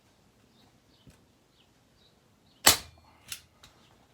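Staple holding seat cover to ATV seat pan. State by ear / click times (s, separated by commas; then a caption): not seated / none. A manual staple gun is fired at the center of a Suzuki LTR450 ATV seat to fix the vinyl seat cover to the plastic seat pan, giving a loud sharp snap at 2.7 s followed by fainter clicks at 3.3 s and 3.6 s. The staple does not catch in the seat pan, which sometimes happens, so nothing has seated yet.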